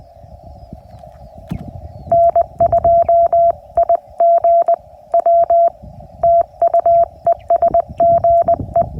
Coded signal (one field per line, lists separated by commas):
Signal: Morse code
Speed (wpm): 20 wpm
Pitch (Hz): 680 Hz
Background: none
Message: N2IGW TU ES GE